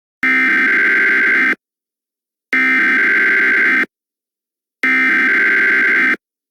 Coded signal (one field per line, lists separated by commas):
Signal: Emergency Alert System (SAME) tones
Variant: header bursts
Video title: EAS Scenario: Under the Moon's Light Part 3